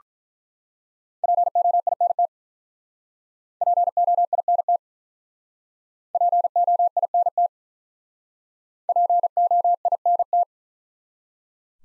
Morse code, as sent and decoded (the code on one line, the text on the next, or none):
.--. --- .. -. - / .--. --- .. -. - / .--. --- .. -. - / .--. --- .. -. -
POINT POINT POINT POINT